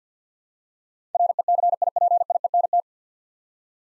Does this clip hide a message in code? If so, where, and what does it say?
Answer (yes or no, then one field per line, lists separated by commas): yes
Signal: Morse code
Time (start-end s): 1.1-2.8 s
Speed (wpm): 50 wpm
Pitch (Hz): 700 Hz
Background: none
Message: RECIPIENT